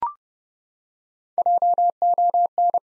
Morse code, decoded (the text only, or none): JON